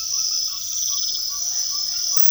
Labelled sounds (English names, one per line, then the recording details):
Ferruginous Pygmy-Owl
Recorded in secondary vegetation near Puerto Asís, Putumayo, Colombia, on 19 February 2024 at 00:00
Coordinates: 0.500, -76.326
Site G6428